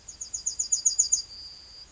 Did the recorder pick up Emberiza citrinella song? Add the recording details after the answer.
yes. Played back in grassland. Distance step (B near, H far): D. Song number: 156